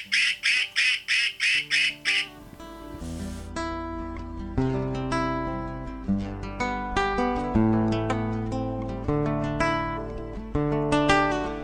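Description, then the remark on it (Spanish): A duck quacks about seven times in a quick, evenly spaced run of loud, nasal bursts, then stops as a melodic music track takes over for the rest. “ahora me voy a evadirme a la playa y me voy con mi pato.”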